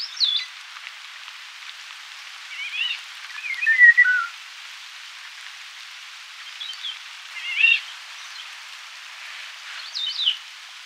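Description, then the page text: Eurasian golden oriole song: several brief, fluty whistled phrases with slurred, swooping notes every few seconds, over a constant hiss. "Eurasian Golden Oriole Song - Quick Sounds"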